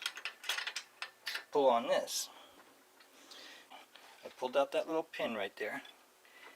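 Someone talks while handling a Total Gym 1600 home gym, having pulled out a small locking pin so the folding frame section can be pushed up to lock into the base. Short sharp ticks and clatter are heard in the first second and a half between the words. Nothing has seated or clicked into place yet.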